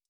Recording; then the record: hydrophone in a shrimp aquaculture tank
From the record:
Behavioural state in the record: stressed